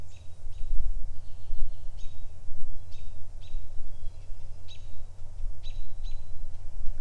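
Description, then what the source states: Birds chirping: short high chirps repeat roughly every second, some in quick doublets, over a steady low rumble. Recorded in a backyard.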